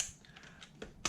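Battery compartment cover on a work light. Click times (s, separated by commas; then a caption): 1.1 s. A plastic battery compartment cover on a work light, put back on after the batteries and spring end are in, has its tab fitted into its hole and pressed closed. A few faint scrapes and taps come first, then a sharper tap at 0.8 s. A loud, crisp click at 1.1 s is heard as the cover locks into place.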